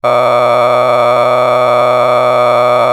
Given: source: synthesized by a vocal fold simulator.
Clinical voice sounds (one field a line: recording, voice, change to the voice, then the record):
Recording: sustained vowel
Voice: male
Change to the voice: a random mix of aspiration noise, stiffness perturbation and strain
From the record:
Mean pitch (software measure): 111 Hz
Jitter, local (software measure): 3.10%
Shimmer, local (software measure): 10.5%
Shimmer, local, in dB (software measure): 0.96 dB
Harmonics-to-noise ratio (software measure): 9.4 dB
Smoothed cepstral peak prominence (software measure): 16.1 dB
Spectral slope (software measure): -14.2 dB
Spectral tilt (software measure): -10.8 dB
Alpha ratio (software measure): -4.7 dB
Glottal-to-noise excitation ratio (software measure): 0.989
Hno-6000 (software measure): 2.0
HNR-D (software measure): 22.8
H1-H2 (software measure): 1.7 dB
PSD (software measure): 2.5e-04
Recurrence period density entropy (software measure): 0.116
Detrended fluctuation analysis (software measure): 0.0330